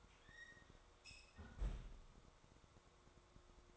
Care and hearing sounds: daily activity, microphone in the room; close fridge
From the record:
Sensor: 3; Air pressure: 1004.5 hPa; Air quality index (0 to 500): 193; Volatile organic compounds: 13 ppm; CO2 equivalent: 2425 ppm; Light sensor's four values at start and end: 5/12/4/4 and 5/12/4/4

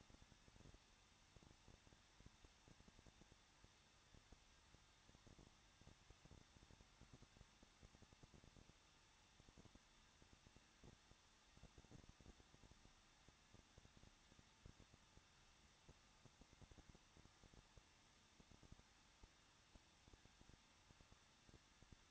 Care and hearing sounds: daily activity, microphone in the room; no activity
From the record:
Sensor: 3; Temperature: 21.2 degrees Celsius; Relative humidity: 36.2%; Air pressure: 1006.4 hPa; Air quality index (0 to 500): 221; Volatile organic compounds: 40 ppm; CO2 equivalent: 3146 ppm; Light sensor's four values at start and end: 2/3/2/2 and 2/3/2/2

